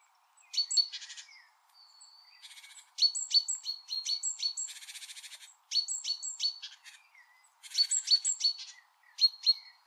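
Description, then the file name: Great tit calls: long run of high down-stepping notes in tight groups, mixed with harsh buzzy churring bursts, nearly continuous. "Parus major"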